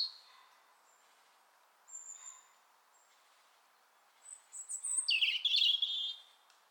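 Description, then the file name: European robin song: thin, high, scattered notes at first, then a bright burst of rapid, tumbling, warbled phrases near the end. "Erithacus rubecula"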